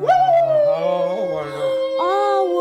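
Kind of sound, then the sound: animal, wolf howling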